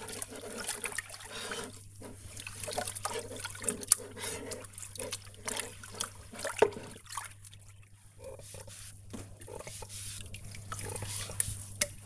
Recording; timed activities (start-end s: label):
household activities, microphone on the right wrist
0.00-12.06 s: washing dishes